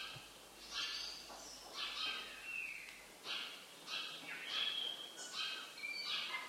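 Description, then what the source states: Bird chirps and short whistled notes repeated irregularly over several seconds, several overlapping high calls, with a faint background hiss. Birds recorded in an abandoned warehouse.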